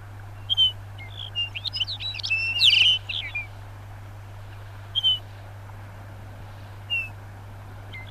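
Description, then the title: Lapland bunting song: a quick jingling run of twittering notes, followed by a few scattered single chirps over a steady low hum. "Viikon luontoääni: Lapinsirkku"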